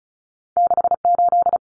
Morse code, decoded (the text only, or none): 68